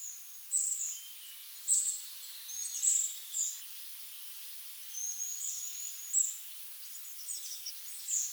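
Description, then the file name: Eurasian nuthatch uttering sharp, high-pitched single call notes at irregular intervals, some slightly drawn out, against constant high background hiss. "Sitta europaea"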